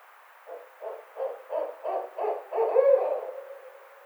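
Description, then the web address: Barred owl hooting: a rapid run of about six short, throaty hoots growing louder and ending in a longer, drawn-out hoot. Recorded on 29 May 2009. "Barred Owl 2009 05 29"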